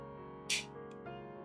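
A 3D-printed PETG toy pipe with a clamp mechanism is pushed straight onto a PLA+ pipe connector over steady background music. A short, bright click at 0.5 s marks the clamp locking the parts together, and the pipe is seated.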